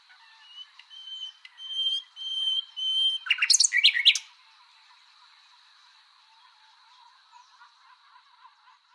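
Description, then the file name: Common nightingale song: several pure sustained whistles, then a loud, fast, rasping trill, followed by near quiet and faint chirps. "Luscinia megarhynchos"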